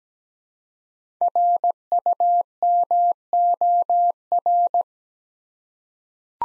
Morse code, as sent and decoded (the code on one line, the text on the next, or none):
.-. ..- -- --- .-.
RUMOR